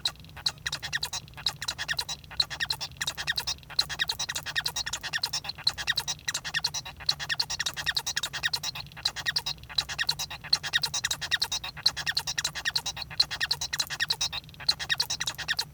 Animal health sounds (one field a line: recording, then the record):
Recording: song of a male Bengalese finch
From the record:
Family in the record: son of father 1